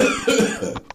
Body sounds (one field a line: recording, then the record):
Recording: coughing mixed with background sound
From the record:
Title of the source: Spring Cold Coughing.